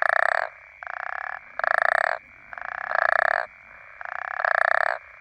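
African common toad calls: harsh grating snores, a softer one and a louder one alternating, each lasting about half a second.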